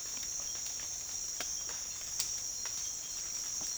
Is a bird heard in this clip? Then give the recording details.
no. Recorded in secondary vegetation near Puerto Asís, Putumayo, Colombia, on 25 June 2025 at 07:00. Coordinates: 0.485, -76.322. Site GP06